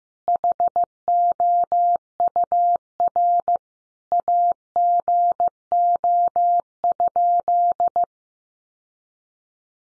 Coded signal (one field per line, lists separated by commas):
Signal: Morse code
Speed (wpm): 15 wpm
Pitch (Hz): 700 Hz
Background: none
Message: HOUR AGO?